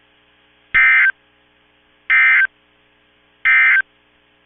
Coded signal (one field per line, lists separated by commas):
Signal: Emergency Alert System (SAME) tones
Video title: EAS 1959-1963 (6/13/22)